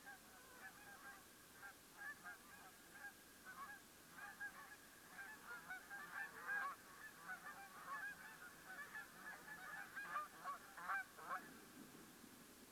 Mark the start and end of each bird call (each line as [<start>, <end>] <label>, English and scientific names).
[0.05, 0.19] Canada Goose (Branta canadensis)
[0.62, 1.15] Canada Goose (Branta canadensis)
[1.61, 2.63] Canada Goose (Branta canadensis)
[2.93, 3.12] Canada Goose (Branta canadensis)
[3.45, 3.81] Canada Goose (Branta canadensis)
[4.16, 4.78] Canada Goose (Branta canadensis)
[5.12, 11.51] Canada Goose (Branta canadensis)